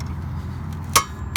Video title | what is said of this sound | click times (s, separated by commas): Chevy Volt How to Replace Rear Rotor and Brake Pads | you go there's a click there so that's the first pass for both of those | 1.4 s